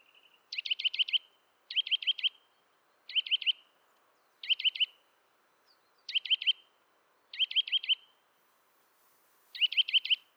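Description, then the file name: Eurasian nuthatch calling in seven short bursts of several sharp, high notes, with short pauses between, against a quiet background. "Sitta europaea"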